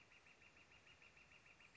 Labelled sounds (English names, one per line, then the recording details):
Northern Flicker
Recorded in Sonoma County, California